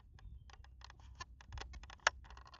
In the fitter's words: hear that so you want to make sure you hear that click